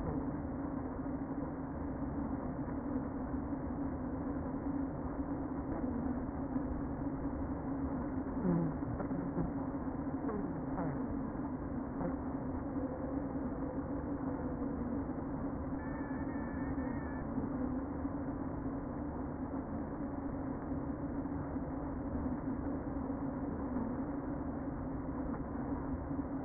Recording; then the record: honeybee colony, microphone inside the hive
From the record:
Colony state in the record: queen present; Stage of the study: before two queens were removed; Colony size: about 60,000 bees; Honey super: yes